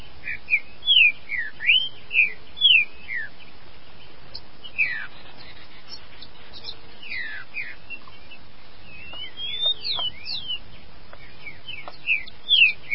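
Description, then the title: Green-winged saltator song in phrases of loud, whistled, slurred notes, with a quieter stretch in the middle before another bright phrase near the end. "Trinca Ferro"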